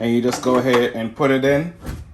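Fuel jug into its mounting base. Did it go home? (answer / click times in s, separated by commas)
no / none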